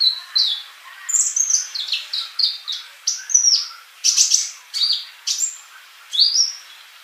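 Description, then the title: Bird song made of high, descending whistled notes and sharp chirps in a steady, lively sequence. "Kicau Burung"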